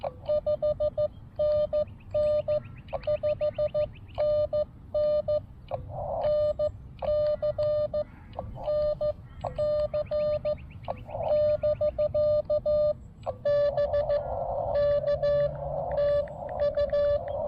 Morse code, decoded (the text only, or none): 5NN 5NN NC NC <BK> BK TU